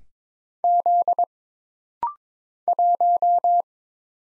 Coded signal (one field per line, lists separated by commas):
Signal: Morse code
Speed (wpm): 22 wpm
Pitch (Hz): 700 Hz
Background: none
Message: Z 1